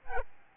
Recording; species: mosquito wingbeat signal from an infrared sensor; Aedes albopictus